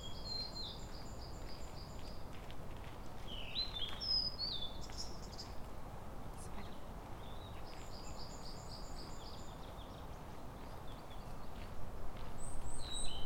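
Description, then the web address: Japanese tit song, quick runs of paired high notes repeated for about two seconds, twice, with other birds' chirps and sliding whistles between. Recorded at Kotori no Mori on 30 April 2017. "kotorinomori kotori shijukara 170430"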